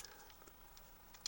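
A plastic shield from a Gunpla model kit is plugged onto the storage mount on the kit's backpack, producing a few faint light ticks and scrapes. It ends in a sharp, clear click at 1.3 s as the shield seats in place.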